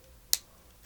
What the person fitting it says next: Oh, I heard it snap. I love that sound.